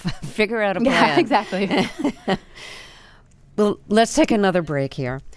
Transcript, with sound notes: figure out a plan.
Yeah. Exactly.
(Laughter) Well, let's take another break here.